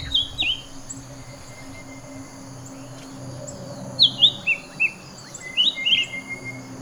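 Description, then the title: Bird giving a brief whistled phrase, then a longer series of falling, slurred notes, with a constant thin high tone running underneath. "SuaraBurung Kicau"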